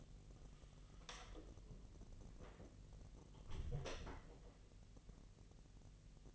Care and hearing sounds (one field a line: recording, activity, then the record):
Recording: daily activity, microphone in the room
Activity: close door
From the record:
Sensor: 4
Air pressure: 1002.3 hPa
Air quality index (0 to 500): 249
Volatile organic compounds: 42 ppm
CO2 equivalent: 3178 ppm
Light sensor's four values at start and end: 10/22/9/8 and 10/23/9/9